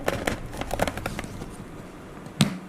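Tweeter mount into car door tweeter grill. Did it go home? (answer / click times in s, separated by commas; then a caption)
yes / 2.4 s. A plastic tweeter mount for Pioneer TS-G170C speakers has its locator pushed down into the slot of a Citroen DS3 door tweeter grill and is turned anti-clockwise. Several small plastic ticks and scrapes are heard during the first second. A single loud, sharp click at 2.4 s marks the mount locking into place in the grill.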